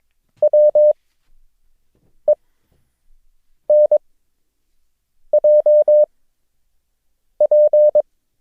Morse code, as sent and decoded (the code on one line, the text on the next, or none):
.-- . -. .--- .--.
WENJP